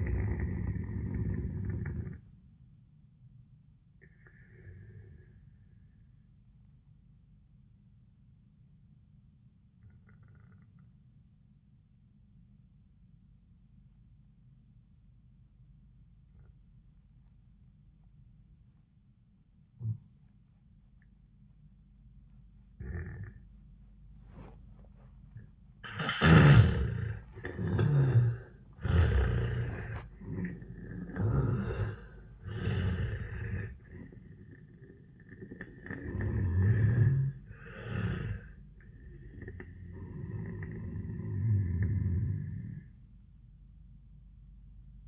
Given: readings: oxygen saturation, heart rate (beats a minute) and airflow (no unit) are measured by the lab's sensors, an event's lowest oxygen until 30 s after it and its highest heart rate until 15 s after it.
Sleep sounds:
breathing in sleep by a smartphone at the bedside; 1
3.00-27.80 s: obstructive apnea (N1, oxygen 98% highest, then 81% lowest, heart rate 93 at the start, 100 highest)
43.00-45.08 s: new sleep stage, N2 (light sleep)
From the record:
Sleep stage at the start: N1 (lightest sleep); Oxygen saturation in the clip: 85 to 98%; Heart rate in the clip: 84 to 100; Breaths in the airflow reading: 4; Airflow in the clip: -15.1 to 9.5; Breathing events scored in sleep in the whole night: 400 in 8.7 hours asleep

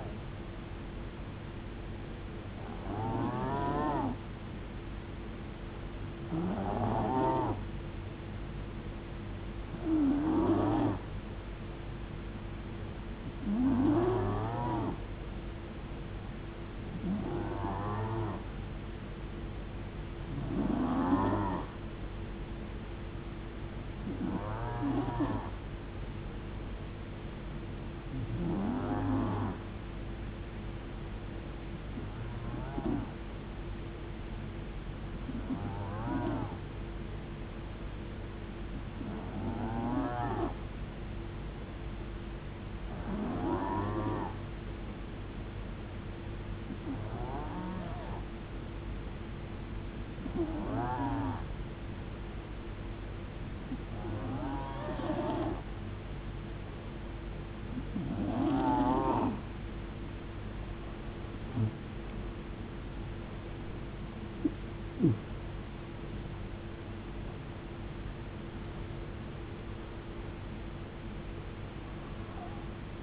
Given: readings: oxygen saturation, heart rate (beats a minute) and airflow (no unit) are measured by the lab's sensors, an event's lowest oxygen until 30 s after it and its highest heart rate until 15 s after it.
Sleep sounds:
breathing in sleep by a voice recorder at the bedside; 1
24.00-54.00 s: new sleep stage, N2 (light sleep)
28.00-63.50 s: hypopnea (N2, oxygen 92% highest, then 91% lowest, heart rate 71 at the start, 84 highest)
54.00-73.03 s: new sleep stage, N1 (lightest sleep)
From the record:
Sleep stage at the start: N1 (lightest sleep); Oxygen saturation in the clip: 91 to 92%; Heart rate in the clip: 63 to 84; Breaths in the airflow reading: 20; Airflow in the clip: -10.0 to 9.4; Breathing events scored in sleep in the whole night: 389 in 6.3 hours asleep

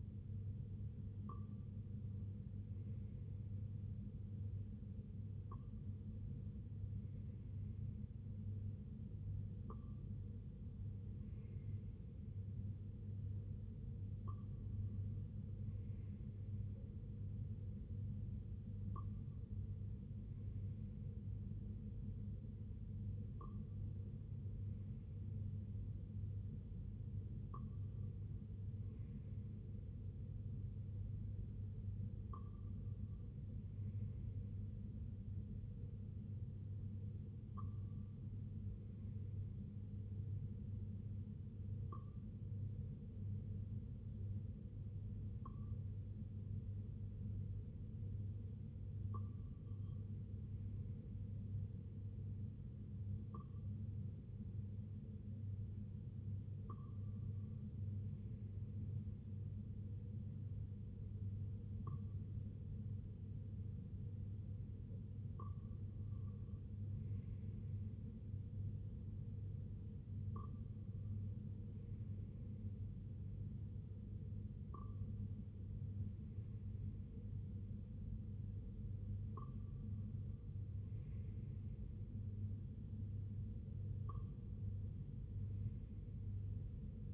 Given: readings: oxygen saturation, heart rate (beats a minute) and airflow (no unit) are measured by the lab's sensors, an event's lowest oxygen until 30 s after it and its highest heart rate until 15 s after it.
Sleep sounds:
breathing in sleep by a smartphone at the bedside; 1
41.00-62.90 s: hypopnea (N2, oxygen 95% highest, then 92% lowest, heart rate 65 at the start, 67 highest)
From the record:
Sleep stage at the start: N2 (light sleep); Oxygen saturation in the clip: 92 to 95%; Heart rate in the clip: 60 to 68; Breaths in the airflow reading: 20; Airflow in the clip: -5.2 to 3.3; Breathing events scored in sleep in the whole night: 258 in 7.4 hours asleep

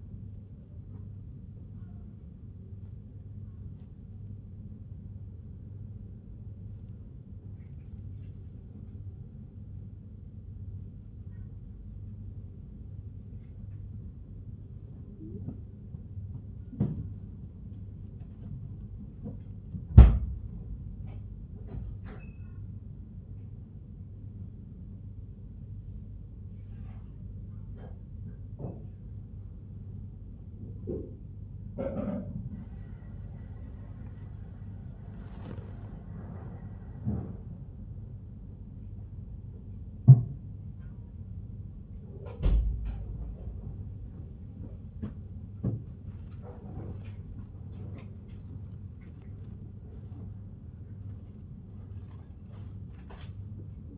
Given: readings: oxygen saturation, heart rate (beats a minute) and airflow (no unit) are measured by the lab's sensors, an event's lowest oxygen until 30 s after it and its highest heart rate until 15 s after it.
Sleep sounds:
a person awake in a sleep study, by a smartphone at the bedside; none
0.00-53.98 s: awake
From the record:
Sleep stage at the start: awake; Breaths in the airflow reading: 17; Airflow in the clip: -0.8 to 0.8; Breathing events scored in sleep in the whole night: 51 in 8.9 hours asleep

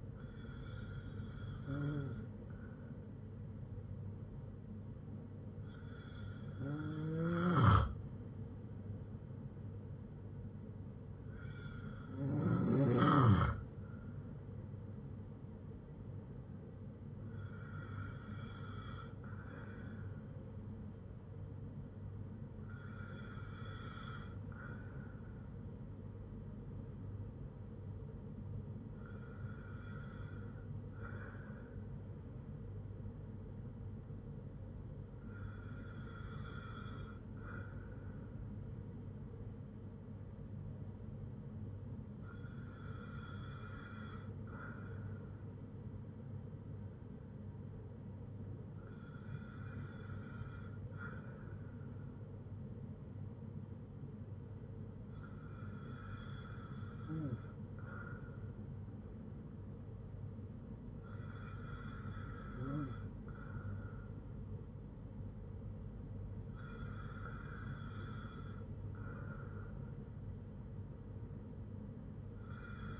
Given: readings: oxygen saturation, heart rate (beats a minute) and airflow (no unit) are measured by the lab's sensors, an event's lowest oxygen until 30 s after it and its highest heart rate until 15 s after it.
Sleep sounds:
breathing in sleep by a smartphone at the bedside; none
none scored
From the record:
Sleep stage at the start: N2 (light sleep); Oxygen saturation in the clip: 94 to 95%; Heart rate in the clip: 56 to 62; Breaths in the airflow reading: 12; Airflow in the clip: -4.6 to 6.3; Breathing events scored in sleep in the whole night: 182 in 7.4 hours asleep

